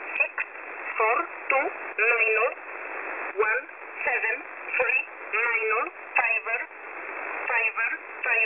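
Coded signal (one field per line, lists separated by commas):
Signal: numbers station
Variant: E11a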